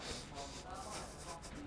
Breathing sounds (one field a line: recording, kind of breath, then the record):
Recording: one breath in and out by a microphone near the nose and mouth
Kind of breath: strong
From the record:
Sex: male